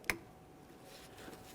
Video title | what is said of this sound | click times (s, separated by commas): How to Replace Low Beam Headlight Bulbs 1999-2006 Chevrolet Silverado 1500 | we've got our wiring harness press it in listen for a click | 0.1 s